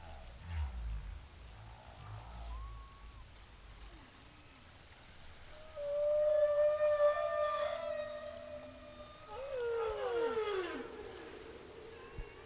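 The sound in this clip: Humpback whale song with sparse tonal units: a brief rising whoop, then a long steady moan and sweeping downward glide, low rumbling noise early on.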